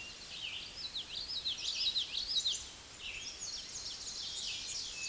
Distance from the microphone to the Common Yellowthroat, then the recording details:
about 5 m. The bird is about 5 m below the microphone. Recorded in a Pennsylvania forest on 16 May 2024 at 06:30. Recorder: AudioMoth, point MSD-0079. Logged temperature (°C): 16.1 °C. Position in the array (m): 156 m, 85 m